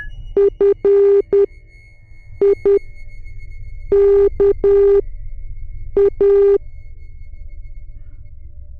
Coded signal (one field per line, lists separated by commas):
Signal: Morse code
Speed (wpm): 10 wpm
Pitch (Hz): 400 Hz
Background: none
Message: FIKA